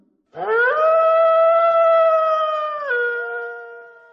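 A household dog suddenly lets out one long, sustained howl, rising quickly to a steady, clear pitch, then dipping slightly lower near the end before trailing off. No barks or talking accompany it.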